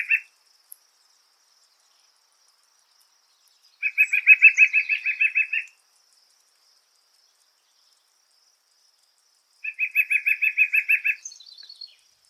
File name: Canto do Pica Pau do Peito Branco